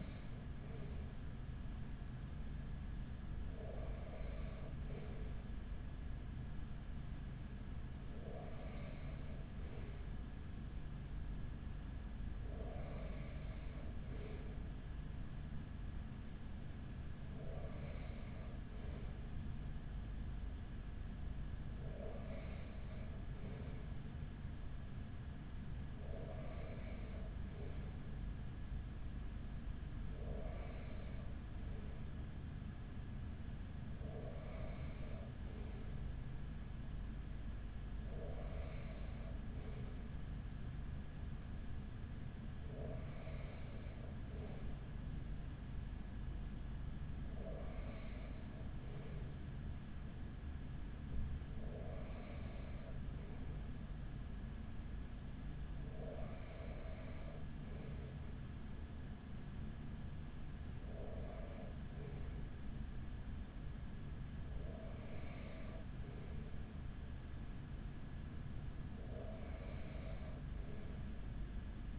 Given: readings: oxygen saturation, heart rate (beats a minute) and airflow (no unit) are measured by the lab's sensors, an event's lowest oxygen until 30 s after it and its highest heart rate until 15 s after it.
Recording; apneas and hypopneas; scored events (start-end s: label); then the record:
breathing in sleep by a smartphone at the bedside; none
none scored
From the record:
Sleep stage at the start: N2 (light sleep); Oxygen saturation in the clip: 94 to 95%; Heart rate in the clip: 42 to 45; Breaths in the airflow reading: 17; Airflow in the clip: -7.4 to 5.3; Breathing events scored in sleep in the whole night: 207 in 7.6 hours asleep